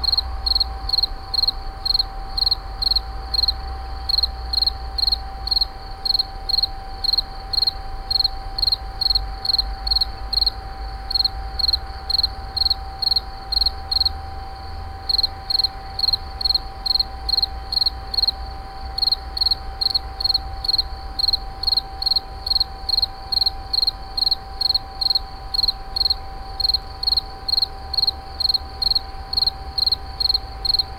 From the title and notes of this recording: Insect near WWTP. Moulins sur allier.